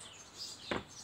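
A lid-assist spring fitted into the lid hinge of a Panasonic top-loading washing machine is worked through the plastic lid mechanism. Against faint background hiss, a short, sharp click sounds at 0.7 s. The spring catches and locks into place.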